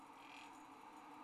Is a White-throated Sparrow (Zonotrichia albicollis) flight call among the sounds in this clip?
no